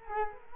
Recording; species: mosquito wingbeat signal from an infrared sensor; Culex quinquefasciatus